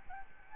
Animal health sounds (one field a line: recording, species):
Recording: mosquito wingbeat signal from an infrared sensor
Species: Aedes albopictus